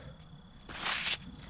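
On a 1957 Chevy drum brake assembly, a tool is placed over the brake shoe spring in the drum brake backing hardware and lined up. A soft broadband scraping rustle swells from about 0.7 to 1.15 s over a low background rumble and a faint steady high tone. The spring has not snapped into place yet.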